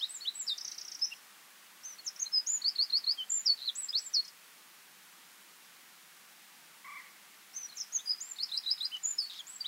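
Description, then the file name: Eurasian wren song: rapid, high, tinkling trills and warbles in three bursts, the last starting after a pause of several seconds, with a brief lower note in that pause. "Troglodytes troglodytes"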